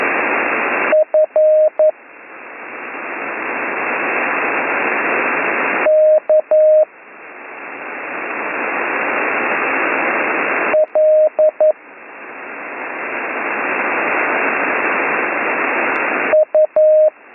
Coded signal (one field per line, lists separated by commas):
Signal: Morse code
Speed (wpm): 11 wpm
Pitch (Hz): 620 Hz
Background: radio noise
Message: F K L U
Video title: Slow Morse Code Course - Week 6 - Learn Morse Code